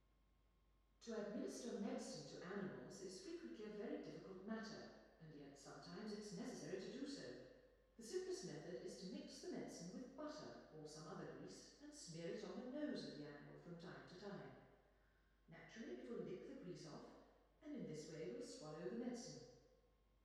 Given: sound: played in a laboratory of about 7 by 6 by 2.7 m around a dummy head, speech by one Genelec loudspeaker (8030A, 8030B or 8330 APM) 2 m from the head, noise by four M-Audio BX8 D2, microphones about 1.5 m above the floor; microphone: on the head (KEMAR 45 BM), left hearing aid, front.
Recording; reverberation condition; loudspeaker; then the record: female speech in English; high; 120 degrees to the right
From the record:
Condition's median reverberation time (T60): about 1300 ms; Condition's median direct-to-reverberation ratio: about -4.0 dB